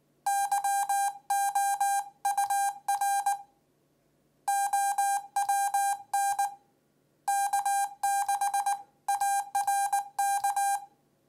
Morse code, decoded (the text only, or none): YOUR OWN K6ARK